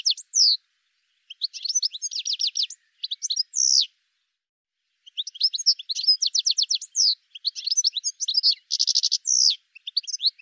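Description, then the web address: Bird song in high twittering phrases with fast repeated notes and downslurred whistles, pausing briefly, then resuming with a buzzy rattle. "cianscape birddata"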